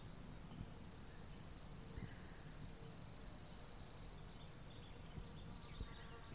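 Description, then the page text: Chipping sparrow delivering a long, even, buzzy trill of quick chips for almost four seconds, followed by quiet with a few faint chirps. "Richard E Webster - Малая воробьиная овсянка (Spizella passerina)"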